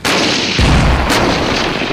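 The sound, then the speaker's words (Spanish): Tank artillery of the Fourth Panzer Army fires reconnaissance shots at the target Mama Charlie: a deep, heavy boom followed by a sharper crack, both over a constant loud rumbling roar, with no voices. “Cuarto ejército Panzer, efectúen disparos de reconocimiento sobre el objetivo Mama Charlie.”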